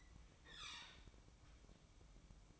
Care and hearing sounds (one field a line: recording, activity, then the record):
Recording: daily activity, microphone in the room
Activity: open fridge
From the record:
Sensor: 1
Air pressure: 1007.9 hPa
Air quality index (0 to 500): 105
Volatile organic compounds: 1 ppm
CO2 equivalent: 890 ppm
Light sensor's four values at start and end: 12/28/11/13 and 12/28/11/13